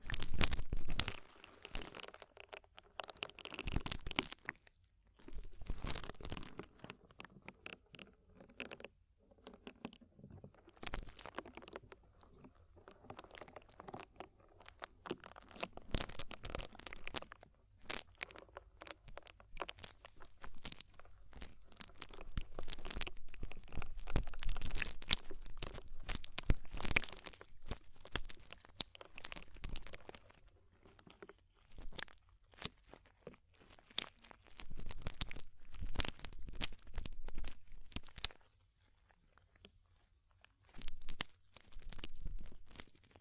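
Ear cleaning sounds: dense, irregular crackling and crunching scrapes with sharp, bright edges, coming in busy bursts with brief quiet gaps, notably near 3, 12 and 40 seconds. The texture stays rough and crinkly throughout, with a low rumble underneath.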